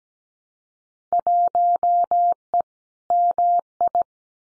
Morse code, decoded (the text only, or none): 1E MI